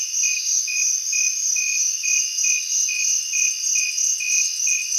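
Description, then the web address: Cricket chirping, brief high pulses repeated at a steady pace against a continuous high-pitched buzzing background. Recorded in a city on 8 September 2023; several crickets. "smallsounds 20230908 crickets City Crickets"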